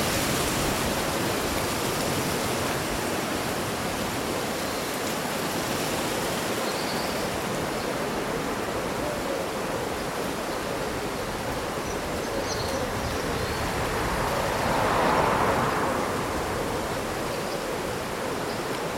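Summer wind rustles through leaves in a dense, steady wash of hiss that barely changes over the whole stretch, swelling slightly around fifteen seconds. A few faint, brief bird calls flicker high above the rustle now and then.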